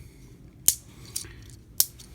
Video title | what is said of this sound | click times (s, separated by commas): Transformers: Robots in Disguise - Warrior Class MEGATRONUS (TRU Exclusive) | again you get a nice click there rotate his arms forward and his arms have some nice clicky joints | 0.7 s, 1.8 s